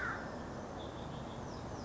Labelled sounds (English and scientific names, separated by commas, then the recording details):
American Crow (Corvus brachyrhynchos)
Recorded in Sonoma County, California